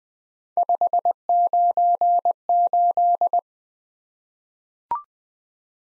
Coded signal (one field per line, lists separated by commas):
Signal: Morse code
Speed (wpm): 20 wpm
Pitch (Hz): 700 Hz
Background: none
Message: 598